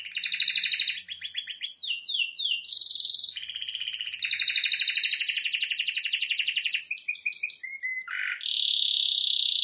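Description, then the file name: Canary singing nonstop: buzzy rapid trills alternating with pure whistled tones and quick sweeping notes, closing on a long steady trill. "Canary Voice"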